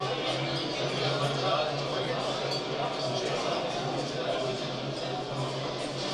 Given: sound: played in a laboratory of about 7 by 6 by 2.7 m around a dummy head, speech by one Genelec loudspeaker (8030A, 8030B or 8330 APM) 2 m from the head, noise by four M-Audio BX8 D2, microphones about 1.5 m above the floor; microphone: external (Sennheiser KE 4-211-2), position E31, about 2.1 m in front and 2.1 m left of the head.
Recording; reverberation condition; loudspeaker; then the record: cafeteria noise; medium; four, about 170 cm from the corners of the room and facing them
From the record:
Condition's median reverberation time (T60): about 510 ms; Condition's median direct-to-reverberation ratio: about -0.5 dB